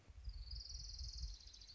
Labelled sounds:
Orange-crowned Warbler (Leiothlypis celata)
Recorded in Sonoma County, California

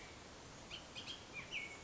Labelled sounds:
Bullock's Oriole (Icterus bullockii)
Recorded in Sonoma County, California

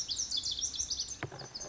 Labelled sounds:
Lazuli Bunting (Passerina amoena)
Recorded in Sonoma County, California

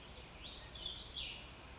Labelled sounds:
Warbling Vireo (Vireo gilvus)
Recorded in Sonoma County, California

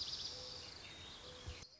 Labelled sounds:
Mourning Dove (Zenaida macroura)
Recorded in Sonoma County, California

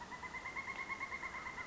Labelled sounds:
Pileated Woodpecker (Dryocopus pileatus)
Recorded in Sonoma County, California

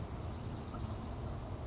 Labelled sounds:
Grasshopper Sparrow (Ammodramus savannarum)
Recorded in Sonoma County, California

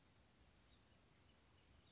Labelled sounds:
Western Flycatcher (Empidonax difficilis)
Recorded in Sonoma County, California

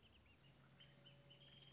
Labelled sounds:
Wrentit (Chamaea fasciata)
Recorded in Sonoma County, California

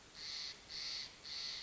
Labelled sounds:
Steller's Jay (Cyanocitta stelleri)
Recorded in Sonoma County, California

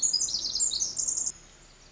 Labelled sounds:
Pacific Wren (Troglodytes pacificus)
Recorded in Sonoma County, California

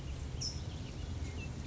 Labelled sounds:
California Towhee (Melozone crissalis)
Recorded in Sonoma County, California

